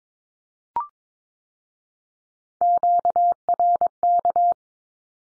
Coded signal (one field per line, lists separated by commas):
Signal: Morse code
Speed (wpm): 22 wpm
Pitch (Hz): 700 Hz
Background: none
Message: QRK